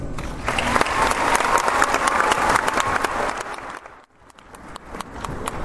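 A crowd applauds with dense, steady clapping that dips briefly near the end before picking back up, loud and continuous with no voices standing out.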